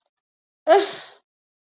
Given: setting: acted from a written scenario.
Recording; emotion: vocal sound without words; desire